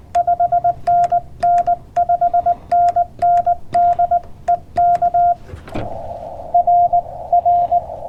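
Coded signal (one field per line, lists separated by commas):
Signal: Morse code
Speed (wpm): 19 wpm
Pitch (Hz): 700 Hz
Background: none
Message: 5NN 5NN DE K R R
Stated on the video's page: CW park activation with a Yaesu FT-891 at 20 watts into a 20m end-fed half-wave antenna on a portable mast.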